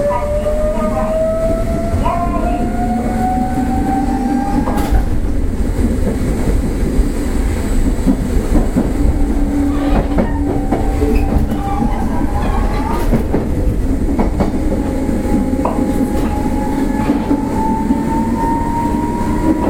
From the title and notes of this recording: 西鉄600系 貝塚線 新宮から貝塚まで. 西日本鉄道６００系電車の走行音です。 貝塚線で録音しました。 It is a running sound of a series train of Nishinippon Railway 600 series.